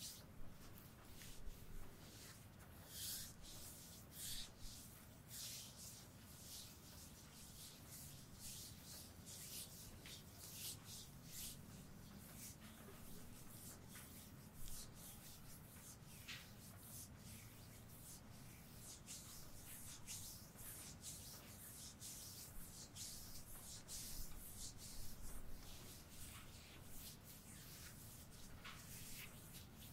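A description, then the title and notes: Hands rub and knead over fabric and skin in a shoulder massage, a dense, continuous rustle with many quick bright brushing strokes. Soft low thumps and muffled pressure sit underneath, and the pace stays busy and fairly even throughout. ASMR shoulders Relaxing massage no talking. Intense asmr shoulder massage rp with tools.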